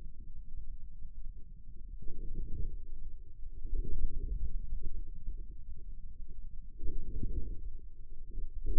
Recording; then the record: forearm muscle sounds (acoustic myography)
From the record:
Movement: inward rotation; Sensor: system 2, bracelet of six BSWA MPA416 microphones around the upper forearm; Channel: 6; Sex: male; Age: 22 years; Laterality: right